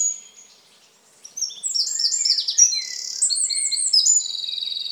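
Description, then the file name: Eurasian wren song: after a brief high note and a pause, a loud rapid run of high trills and sharp twittering notes pours out for over three seconds. "Troglodytes troglodytes"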